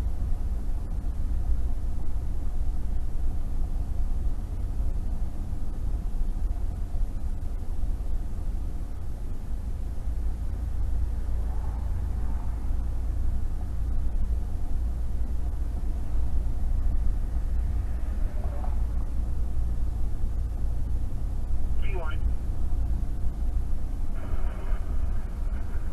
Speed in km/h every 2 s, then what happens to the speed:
40, 40, 40, 39, 39, 40, 40, 40, 40, 42, 42, 40, 37.
0-26 steady at about 40.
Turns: none.